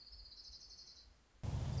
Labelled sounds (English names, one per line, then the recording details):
Orange-crowned Warbler
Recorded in Sonoma County, California